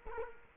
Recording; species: mosquito wingbeat signal from an infrared sensor; Culex quinquefasciatus